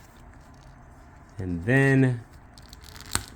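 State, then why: Seated. An action figure arm is pushed through a shirt opening onto the shoulder peg of a plastic action figure, with the shirt stretched a little. Someone talks, then faint crinkling fabric noises lead into one loud sharp click at 3.2 s as the arm pops into the shoulder peg and seats.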